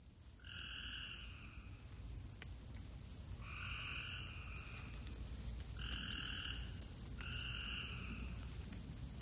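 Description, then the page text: Cope's gray treefrog giving four buzzy, pulsed trills, each lasting over a second and spaced a few seconds apart, over a steady high insect drone and low background noise. Recorded in Maryland, United States. "Maryland Biodiversity. Copes Gray Treefrog ( Hyla chrysoscelis )"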